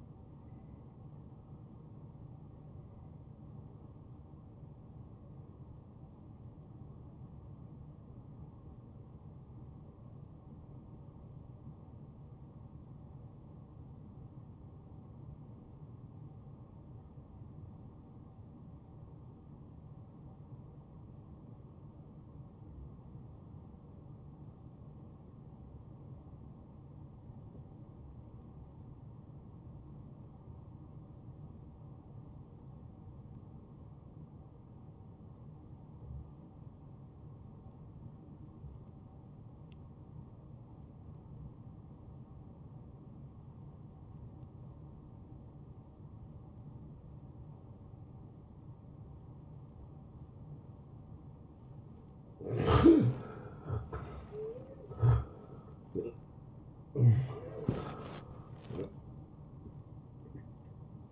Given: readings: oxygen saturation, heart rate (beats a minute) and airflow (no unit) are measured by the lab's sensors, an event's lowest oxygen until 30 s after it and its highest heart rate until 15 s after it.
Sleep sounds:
breathing in sleep by a smartphone at the bedside; 1
3.00-33.00 s: new sleep stage, N1 (lightest sleep)
4.00-53.40 s: hypopnea (N1, oxygen 94% highest, then 79% lowest, heart rate 80 at the start, 88 highest)
33.00-61.12 s: new sleep stage, N2 (light sleep)
From the record:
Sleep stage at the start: N2 (light sleep); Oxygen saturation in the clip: 80 to 94%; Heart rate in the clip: 71 to 83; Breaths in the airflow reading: 12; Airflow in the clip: -19.6 to 11.0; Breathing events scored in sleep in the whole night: 263 in 5.5 hours asleep

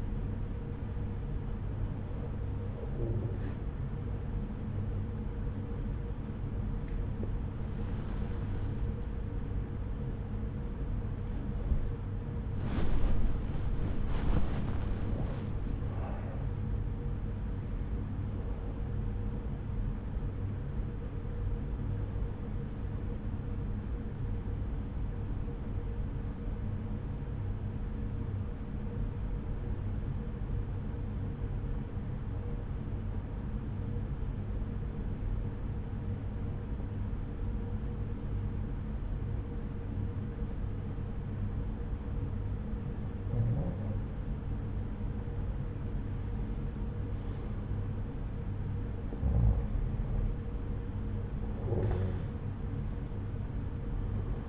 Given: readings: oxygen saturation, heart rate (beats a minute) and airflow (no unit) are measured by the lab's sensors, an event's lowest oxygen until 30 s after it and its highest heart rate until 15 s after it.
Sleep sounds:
breathing in sleep by a smartphone at the bedside; 1
0.00-39.00 s: awake
24.00-48.00 s: hypopnea (scored as awake, oxygen 98% highest, then 88% lowest)
27.00-54.49 s: new sleep stage, N1 (lightest sleep)
From the record:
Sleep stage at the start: awake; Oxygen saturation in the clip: 84 to 98%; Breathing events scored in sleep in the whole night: 303 in 8.1 hours asleep

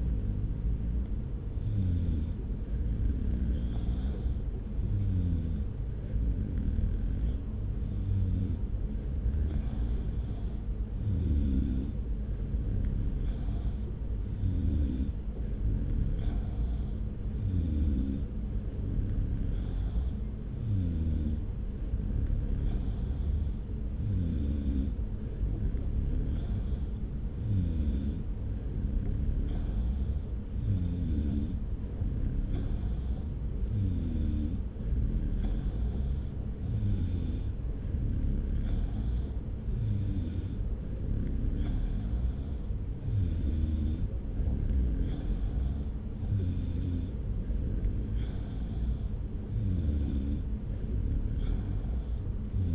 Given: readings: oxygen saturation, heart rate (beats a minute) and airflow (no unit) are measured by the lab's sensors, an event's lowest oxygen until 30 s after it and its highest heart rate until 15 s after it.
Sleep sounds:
breathing in sleep by a smartphone at the bedside; 1
29.00-44.80 s: hypopnea (N2, oxygen 94% highest, then 93% lowest)
46.00-52.75 s: new sleep stage, N3 (deep sleep)
From the record:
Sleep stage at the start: N2 (light sleep); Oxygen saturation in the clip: 93 to 94%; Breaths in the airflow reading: 16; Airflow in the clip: -1.0 to 1.2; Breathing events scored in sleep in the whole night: 335 in 6.7 hours asleep

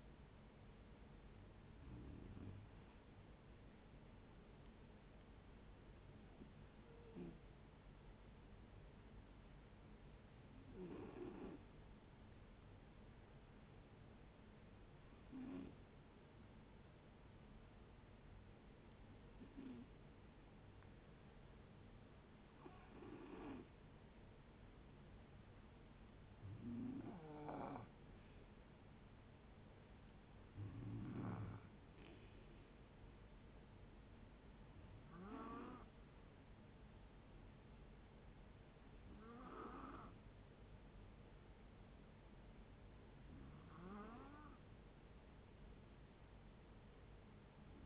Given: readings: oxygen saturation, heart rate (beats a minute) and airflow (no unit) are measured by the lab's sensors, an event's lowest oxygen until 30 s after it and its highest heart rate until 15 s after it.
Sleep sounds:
breathing in sleep by a voice recorder at the bedside; 1
8.00-25.10 s: hypopnea (N2, oxygen 93% highest, then 89% lowest, heart rate 64 at the start, 69 highest)
From the record:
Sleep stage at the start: N2 (light sleep); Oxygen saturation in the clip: 89 to 93%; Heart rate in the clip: 62 to 69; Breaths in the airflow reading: 11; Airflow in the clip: -6.0 to 7.7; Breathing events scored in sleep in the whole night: 496 in 5.4 hours asleep

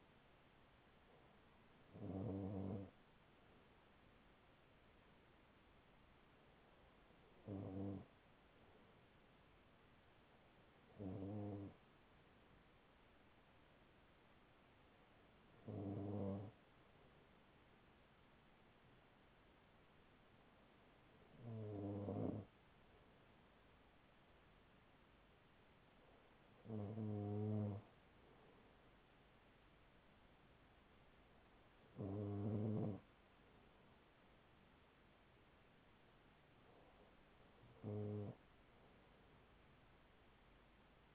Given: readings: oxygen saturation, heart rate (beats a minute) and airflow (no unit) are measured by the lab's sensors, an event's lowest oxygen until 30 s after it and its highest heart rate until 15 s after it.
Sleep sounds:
breathing in sleep by a voice recorder at the bedside; none
none scored
From the record:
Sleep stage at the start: N2 (light sleep); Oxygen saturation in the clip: 95%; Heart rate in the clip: 38 to 43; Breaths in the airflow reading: 8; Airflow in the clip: -5.8 to 5.0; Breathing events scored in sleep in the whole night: 207 in 7.6 hours asleep

